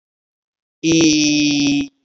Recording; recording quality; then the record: sustained vowel as in beet; excellent, no background noise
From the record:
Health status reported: healthy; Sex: male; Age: 35 years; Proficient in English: yes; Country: India